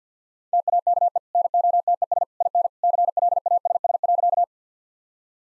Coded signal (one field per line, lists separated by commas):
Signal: Morse code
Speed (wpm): 50 wpm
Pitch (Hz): 700 Hz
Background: none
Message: TAKE NOTES IN CLASS.